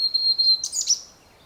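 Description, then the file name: European robin song phrase: a thin, steady high whistle held for over half a second, then a quick jumble of high twittering notes that fades out. "Erithacus rubecula"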